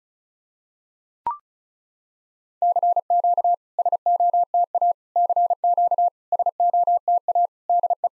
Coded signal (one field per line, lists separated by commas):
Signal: Morse code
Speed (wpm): 36 wpm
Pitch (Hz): 700 Hz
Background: none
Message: CQ SOTA CQ SOTA DE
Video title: SOTA QSO Practice 35wpm